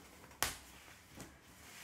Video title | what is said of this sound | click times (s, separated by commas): COUCHES LAVABLES Pop-in de Close : TEST et AVIS (comment mettre, ajuster, changer, critique conseil) | est en bambou et en coton qui se plie de ce également mais qui se clipse à l'avant et | 0.4 s